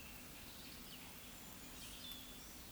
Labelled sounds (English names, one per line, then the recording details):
Eurasian Woodcock whistle
Eurasian Woodcock croak
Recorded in Baden-Württemberg, Germany, on 16 June 2021 at 19:41 UTC
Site 18672, 474 m above sea level